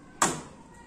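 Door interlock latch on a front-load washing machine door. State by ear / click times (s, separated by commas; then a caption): seated / 0.2 s. Pressing the start button makes the door interlock latch on a Dawlance front-load washing machine lock the closed door with a single sharp click at 0.2 s, showing that the door is now locked. The click fades quickly over quiet background, and no one talks.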